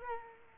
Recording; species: mosquito wingbeat signal from an infrared sensor; Culex quinquefasciatus